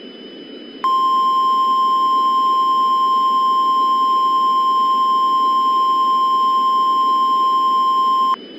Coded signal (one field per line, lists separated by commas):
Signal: Emergency Alert System (SAME) tones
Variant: 1050 Hz attention tone